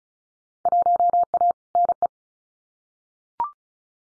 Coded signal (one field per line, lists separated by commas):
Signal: Morse code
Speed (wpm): 34 wpm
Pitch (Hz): 700 Hz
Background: none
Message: 1A NE